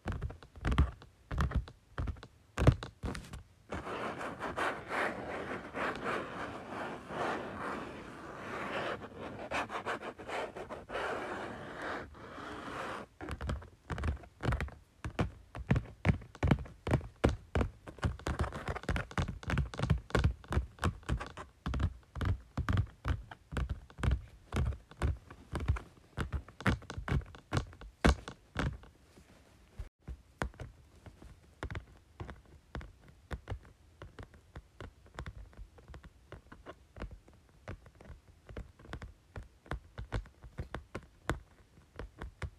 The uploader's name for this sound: Tapping Folder